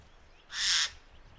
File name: Garrulus glandarius